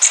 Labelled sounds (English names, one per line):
Blackburnian Warbler flight call